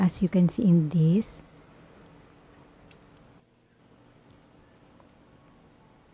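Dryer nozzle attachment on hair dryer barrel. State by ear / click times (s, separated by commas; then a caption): not seated / none. Someone talks briefly as a detachable nozzle head is lined up with the unlock mark on the barrel of a plastic hair dryer, ready to be twisted left to lock it on. After the talking, only quiet handling noise remains, with a couple of faint ticks around 2.9 s and 5.0 s. Nothing has seated or clicked yet when the clip ends.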